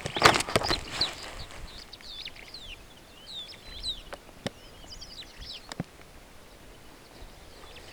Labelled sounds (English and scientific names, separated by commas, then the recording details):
Superb Starling (Lamprotornis superbus) flight call
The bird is a female
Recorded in Kenya on 18 June 2010
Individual 36, of group DRT2